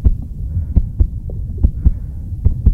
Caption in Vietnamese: Đây là âm thanh của nhịp tim từ một người tài xế xe bus. Sau khi họ bị mắng chửi, bị xúc phạm và bị hăm dọa.